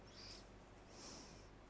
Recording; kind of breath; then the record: one breath in and out by a microphone near the nose and mouth; normal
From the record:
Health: marked as sick, illness not named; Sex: female